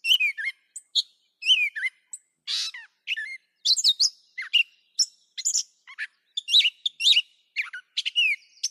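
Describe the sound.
Catbird song, a rapid jumble of varied squeaky, whistled and harsh phrases, short notes jumping and sliding between pitches, delivered in quick succession with brief pauses.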